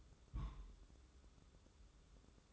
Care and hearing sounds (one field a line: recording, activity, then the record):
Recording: daily activity, microphone in the room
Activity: place on stove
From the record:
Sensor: 3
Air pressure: 995.4 hPa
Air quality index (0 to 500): 85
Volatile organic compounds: 8 ppm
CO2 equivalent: 2065 ppm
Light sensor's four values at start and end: 25/79/33/28 and 25/79/33/28